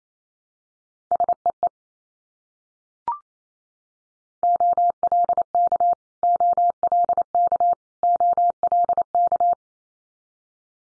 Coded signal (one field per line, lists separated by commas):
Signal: Morse code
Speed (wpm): 28 wpm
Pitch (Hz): 700 Hz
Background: none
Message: SEE OLK OLK OLK